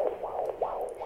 Inside exam room 3. The heartbeat of their unborn baby.